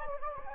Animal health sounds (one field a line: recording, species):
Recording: mosquito wingbeat signal from an infrared sensor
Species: Anopheles gambiae